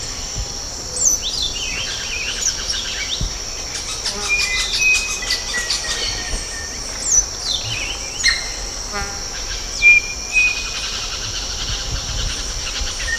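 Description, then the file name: Bird calls: scattered chirps, downslurred whistles and a short trill over a steady, high-pitched insect drone that runs through the whole recording. "SABIOD 50 bird 2015"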